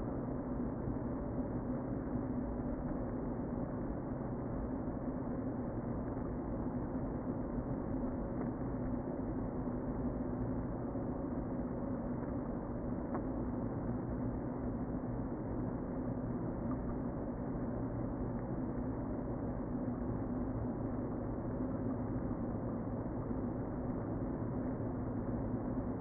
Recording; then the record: honeybee colony, microphone inside the hive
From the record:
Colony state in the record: queen present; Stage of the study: before two queens were removed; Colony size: about 60,000 bees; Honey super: yes